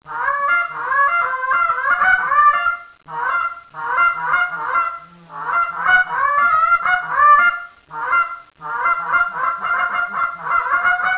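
Goose honking repeatedly, loud braying calls in bouts of a few seconds with short gaps between.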